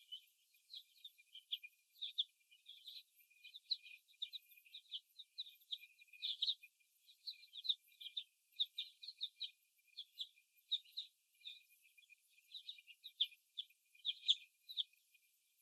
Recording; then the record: young laying hens in a cage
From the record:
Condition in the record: before the stressor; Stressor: simulated dog barking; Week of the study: 1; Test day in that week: 2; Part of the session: 3